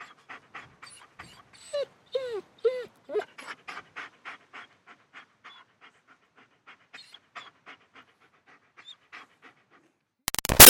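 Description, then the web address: German Shepherd dog panting in quick breathy bursts, with several short rising-falling whines early on, then steady panting before a sharp noisy burst at the end. Panting and whining. "Big Room Sound Dog German Shepherd"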